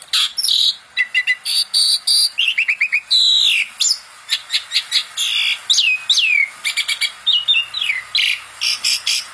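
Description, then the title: Asian pied starling singing a busy medley of bright whistles, downslurred notes and quick trilled bursts with hardly a pause between phrases. Masteran (tutor) recording for songbirds, meant to fix birds that sing too little and are listless. "Masteran Jalak Suren Atasi Burung KURANG GACOR Dan LOYO"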